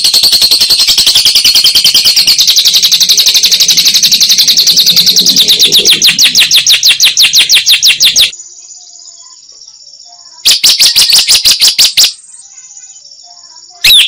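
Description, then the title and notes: Lovebird giving a rapid, high chattering trill for about eight seconds, then silence broken by a steady thin tone and two short renewed bursts of chatter. Lovebird song as a model for training songbirds (masteran). "Suara Burung Lovbred Buat Masteran"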